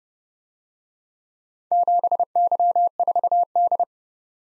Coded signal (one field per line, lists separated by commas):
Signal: Morse code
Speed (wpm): 29 wpm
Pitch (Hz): 700 Hz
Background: none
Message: 7Y4D